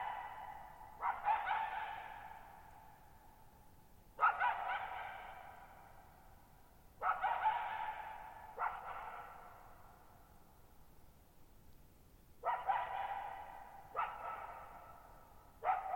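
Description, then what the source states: Coyote barking, short harsh barks repeated every few seconds, each trailing off in long reverberation over a quiet background. Lone coyote at night, July 14, 2019, Thirtymile Meadows, Okanogan National Forest, Okanogan High Country, Pacific Northwest, 6400 ft (1950 m); shallow bowl-shaped meadow forming a natural amphitheater with very long reverberation.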